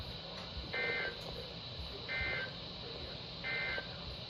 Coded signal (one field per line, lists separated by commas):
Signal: Emergency Alert System (SAME) tones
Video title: I felt a disturbance in the force... - SVR over KZZ28 | 7/4/26 - EAS #1564